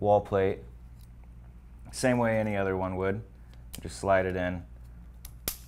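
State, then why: Seated. Someone talks while a terminated shielded Cat6 keystone jack with a metal shield is slid into a standard plastic wall plate. A faint tick comes at 5.3 s, then a sharp, loud snap at 5.5 s as the jack seats in the plate.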